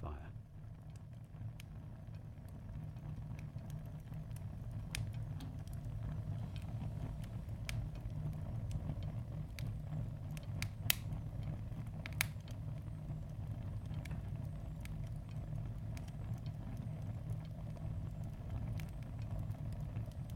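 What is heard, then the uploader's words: A log fire burns in an old farmhouse kitchen, a steady low roar underneath sharp, scattered crackles and pops. The snaps come irregularly, a few every second, with two louder cracks near the middle; the deep rumble holds even throughout. A log fire in an old farmhouse kitchen. We're sitting beside a log fire in a farmhouse in Devon.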